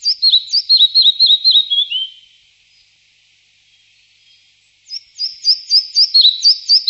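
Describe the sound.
Bird song with a fast series of high, sharp downslurred chirps that drop lower at the end, then a pause and another burst of similar notes.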